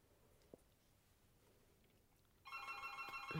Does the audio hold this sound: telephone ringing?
yes